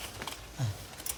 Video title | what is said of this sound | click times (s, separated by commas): 흙사랑 KK-900XL4 용기포장기계 사용자 설명서 | 밀고 딱 소리 나게 저렇게 잠기면 그냥 다시 전기는 연결이 되는 거고요 | 1.1 s